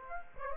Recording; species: mosquito wingbeat signal from an infrared sensor; Aedes aegypti